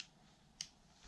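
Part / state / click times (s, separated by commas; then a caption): wireless USB dongle in its storage slot on a gaming headset / released / 0.6 s. A small wireless USB dongle is pulled out of its storage slot in the plastic housing of a Razer Nari Ultimate gaming headset. Against a quiet background with faint handling noise at the start and end, a single sharp click sounds at 0.6 s as the dongle releases from the slot.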